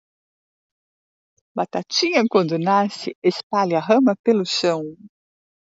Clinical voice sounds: short text; Brazilian Portuguese; female; 50 to 59 years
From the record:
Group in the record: control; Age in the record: 58 years

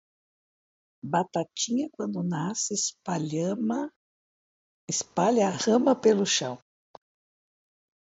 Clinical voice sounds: short text; Brazilian Portuguese; female; 60 to 69 years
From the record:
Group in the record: control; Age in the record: 65 years

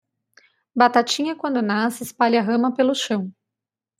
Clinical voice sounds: short text; Brazilian Portuguese; female; 30 to 39 years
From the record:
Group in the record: control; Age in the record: 33 years

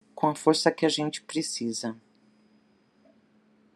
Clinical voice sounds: spoken sentence; Brazilian Portuguese; female; 60 to 69 years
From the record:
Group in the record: control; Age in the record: 61 years

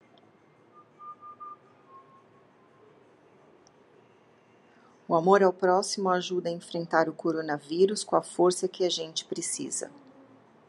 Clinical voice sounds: spoken sentence; Brazilian Portuguese; female; 40 to 49 years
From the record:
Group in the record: control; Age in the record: 49 years

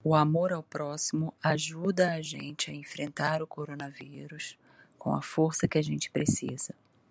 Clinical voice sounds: spoken sentence; Brazilian Portuguese; female; 50 to 59 years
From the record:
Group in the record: control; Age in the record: 52 years

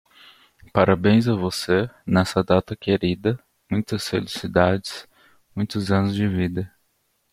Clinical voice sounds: short text; Brazilian Portuguese; male; 20 to 29 years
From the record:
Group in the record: control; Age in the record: 29 years

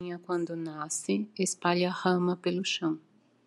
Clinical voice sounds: short text; Brazilian Portuguese; female; 50 to 59 years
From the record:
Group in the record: control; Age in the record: 58 years

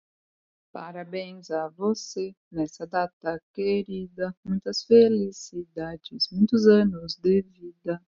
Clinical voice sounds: short text; Brazilian Portuguese; female; 30 to 39 years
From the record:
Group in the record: control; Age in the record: 31 years

